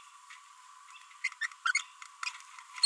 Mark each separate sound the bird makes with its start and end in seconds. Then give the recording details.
1.24-1.28, 1.41-1.47, 1.66-1.81, 2.23-2.29. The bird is a female. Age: 30 days. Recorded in a nest box in Venezuela. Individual 17B42B1